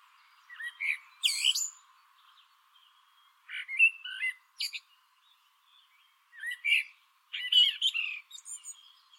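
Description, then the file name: Common blackbird with scattered mellow whistles and high twittering notes in several short bursts. "Turdus merula"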